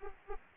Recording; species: mosquito wingbeat signal from an infrared sensor; Anopheles arabiensis